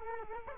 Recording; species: mosquito wingbeat signal from an infrared sensor; Culex quinquefasciatus